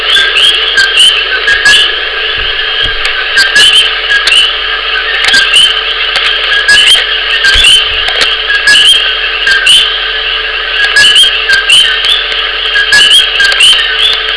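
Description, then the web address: Coqui frogs in a continuous chorus of many overlapping high, sharp whistled notes, with a constant hum beneath. "digemdj Sounds Coqui"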